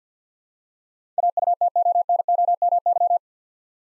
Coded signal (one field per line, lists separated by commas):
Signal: Morse code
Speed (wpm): 48 wpm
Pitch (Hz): 700 Hz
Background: none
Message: AUTONOMY